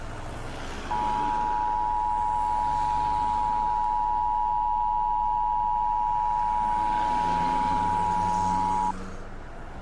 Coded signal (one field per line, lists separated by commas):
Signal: Emergency Alert System (SAME) tones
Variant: 853 and 960 Hz attention tone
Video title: Murder Drones EAS Scenario (REALLY OLD VERSION)